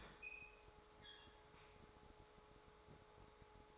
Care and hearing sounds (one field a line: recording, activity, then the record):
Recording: daily activity, microphone in the room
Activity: open fridge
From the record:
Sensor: 3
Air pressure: 1004.6 hPa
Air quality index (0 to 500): 192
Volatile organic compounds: 13 ppm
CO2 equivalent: 2412 ppm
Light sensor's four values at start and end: 5/12/4/4 and 5/12/4/4